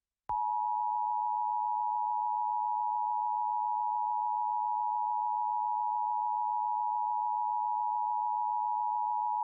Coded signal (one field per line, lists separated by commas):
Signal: Emergency Alert System (SAME) tones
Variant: 853 and 960 Hz attention tone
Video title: Eas Scenario TheSuperiorRace Part One